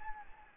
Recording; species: mosquito wingbeat signal from an infrared sensor; Anopheles gambiae